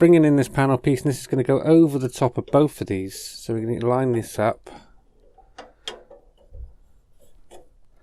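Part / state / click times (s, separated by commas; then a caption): plastic fender panel piece onto scale model car chassis / not seated / none. Someone talks while lining up a plastic front left fender panel piece over two mounting points on a 1:8 scale Ghostbusters Ecto-1 model car chassis. Talk ends near 4.6 s, followed by a few faint, short plastic handling taps and rubs around 5.6–6.4 s. The clip ends before the panel is pressed home, so nothing has seated or clicked yet.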